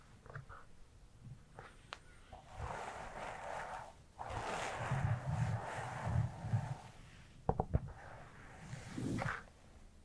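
Hair brushing and handling: soft, rustling strokes build in waves from about 2.5 seconds, with a dense, steady stretch through the middle. Low muffled thumps sit underneath, a few sharp clicks snap near 7.5 seconds, and a brief scratchy burst comes near the end.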